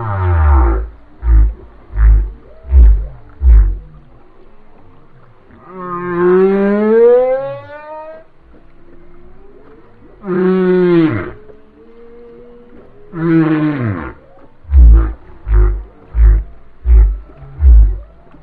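Whale song: bursts of deep rhythmic grunts, then a rising swooping moan and short sweeping cries, ending with another run of regular low pulses.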